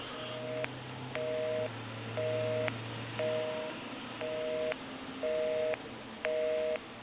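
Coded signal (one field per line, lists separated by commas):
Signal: telephone call progress tone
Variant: North America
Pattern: busy tone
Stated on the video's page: Heard on a Western Electric 302 rotary desk telephone under checkout and repair.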